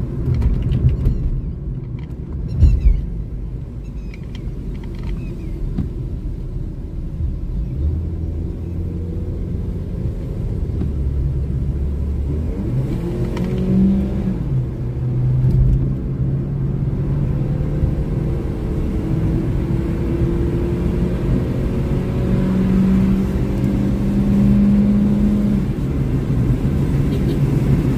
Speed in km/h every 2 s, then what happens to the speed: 43, 43, 31, 31, 42, 46, 55, 65, 74, 83, 92, 99, 105, 108.
2-4 brakes to 31. 6-28 speeds up to 108.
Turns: 0-10.